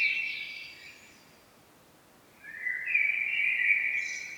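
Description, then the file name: Common blackbird song: the end of a warbled phrase with high twittering, a pause, then another fluty phrase rising into a thin high flourish. "Turdus merula"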